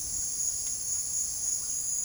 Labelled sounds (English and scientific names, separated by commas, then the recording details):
none
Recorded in secondary vegetation near Puerto Asís, Putumayo, Colombia, on 21 March 2025 at 16:30
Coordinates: 0.489, -76.322
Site G042